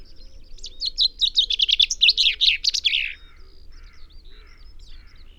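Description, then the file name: Common chaffinch: songbird phrase of quick, varied chirps that runs downward for about three seconds, followed by softer scattered calls. "Fringilla coelebs"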